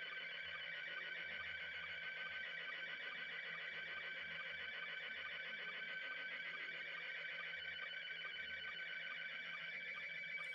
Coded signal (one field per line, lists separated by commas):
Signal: SSTV (slow-scan television)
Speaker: and look there. Open GD77 DM70. You know what? Soon as I speak, cuz the phone is picking it up just from the sound.